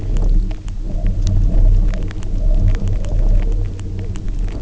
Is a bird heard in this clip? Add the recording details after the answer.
no. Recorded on Arctic tundra, site UTQI-0, on 27 June 2018. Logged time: 00:00